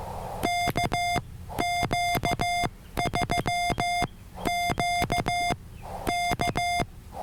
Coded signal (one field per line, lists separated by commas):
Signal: Morse code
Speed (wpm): 15 wpm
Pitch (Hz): 2100 Hz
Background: none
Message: KQ3Q K